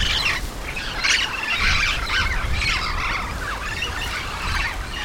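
Yellow-shouldered parrot squawking in repeated harsh bursts over a constant low rumble.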